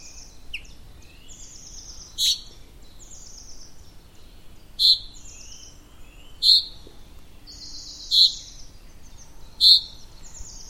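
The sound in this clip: Bird calls, short bright high chirps repeated about every two seconds, with fainter thin down-slurred notes above and between them and a low steady background hiss.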